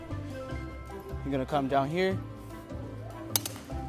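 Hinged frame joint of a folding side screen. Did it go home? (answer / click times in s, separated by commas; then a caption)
yes / 3.4 s. The hinged frame joint of a folding side screen is brought down and locks into place with a sharp click at 3.4 seconds, followed by a fainter tick just after. Someone talks over steady background music before the click. The joint is seated.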